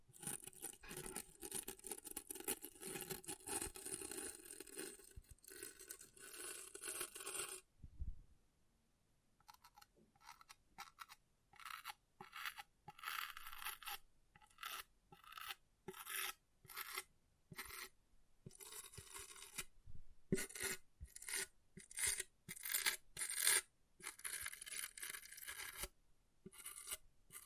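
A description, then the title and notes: An object scratches across a surface, first in a continuous rasping run for about seven seconds, then after a brief pause in short, repeated strokes. The later scrapes come in irregular bursts with gaps between them, bright and gritty, like filing or rubbing. ASMR Brain Melting Object Scratching (No Talking).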